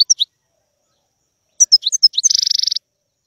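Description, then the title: European goldfinch song: a few sharp twittering notes, a pause, then quick chattering notes ending in a dry buzzing trill. Song of a wild bird. "اجمل غناءالحسون الخلويchant chardonneret sauvage"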